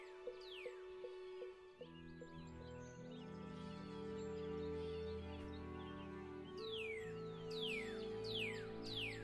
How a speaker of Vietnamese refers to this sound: Tiếng chim líu lo chuyển từ cảnh này qua cảnh khác